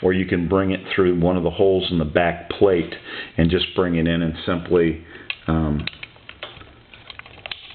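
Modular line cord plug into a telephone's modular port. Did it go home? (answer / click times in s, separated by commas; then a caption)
yes / 7.5 s. A telephone line cord is brought through a hole in the backplate while someone talks, and its modular plug is pushed into the phone's modular port. After the talking, a few light taps and clicks are heard, and the plug snaps into the jack at 7.5 seconds, fully seated.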